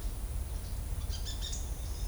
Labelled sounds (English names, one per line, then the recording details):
White-whiskered Spinetail
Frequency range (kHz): White-whiskered Spinetail 0.9-7.9 kHz
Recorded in shrubland near Pivijay, Magdalena, Colombia, on 4 June 2023 at 14:30
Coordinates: 10.453, -74.365
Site P5-G022